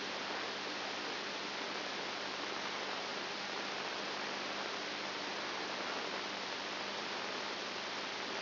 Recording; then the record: brain microelectrode recording played as sound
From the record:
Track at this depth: outside the subthalamic nucleus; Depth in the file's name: 6.7 mm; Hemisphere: right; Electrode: 2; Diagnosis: Parkinson's disease